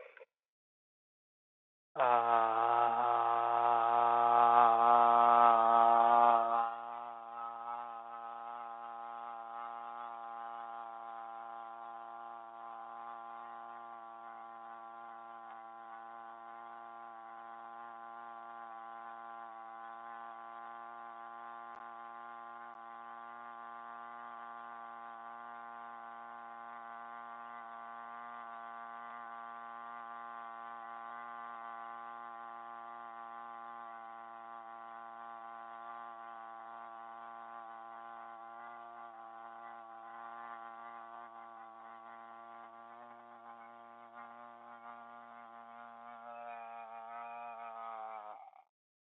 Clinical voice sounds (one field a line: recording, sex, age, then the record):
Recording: vowel held as long as possible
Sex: male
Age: 30 to 39 years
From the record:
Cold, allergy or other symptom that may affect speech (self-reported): no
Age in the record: 31 years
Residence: Massachusetts, United States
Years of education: 14